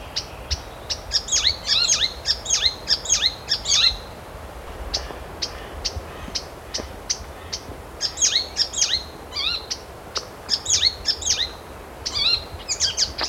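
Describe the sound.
Blue-capped ifrit calling in bursts of high slurred whistles alternating with a steady series of thin ticking notes, repeated throughout over soft background hiss.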